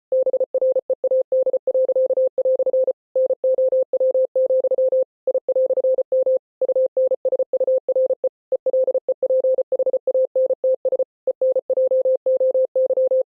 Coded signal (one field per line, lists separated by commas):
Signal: Morse code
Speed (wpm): 33 wpm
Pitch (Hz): 520 Hz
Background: none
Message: BREAD." NOW, I"M UNSURE ELEPHANTS ENJOY